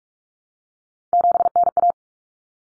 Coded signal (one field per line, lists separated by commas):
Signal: Morse code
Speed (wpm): 44 wpm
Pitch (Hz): 700 Hz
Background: none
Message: 7NA